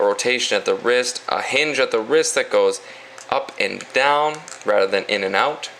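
Someone talks while handling the plastic ratcheting wrist hinge joint of a G.I. Joe Classified Series Destro action figure, a hinge that moves up and down and is made to snap into a locked position so it won't get loose. Only speech is heard, and nothing has seated or clicked yet.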